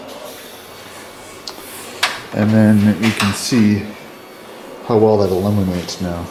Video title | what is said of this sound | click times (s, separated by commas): 2008 Scion xB Build 1 (LED Lighting) | twist it, and it locks in place. | 2.0 s